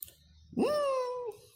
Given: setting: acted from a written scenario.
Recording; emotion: vocal sound without words; elation